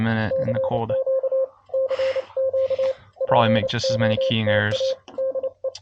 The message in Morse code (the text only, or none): CQ CQ POTA DE